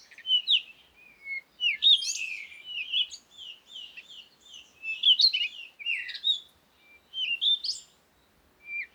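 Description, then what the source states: Several birds twittering almost continuously, with rapid high chirps, slurred whistled notes and short trills overlapping in lively, uneven bursts. Komati, Africa; recorded in the morning, with wind; birds close.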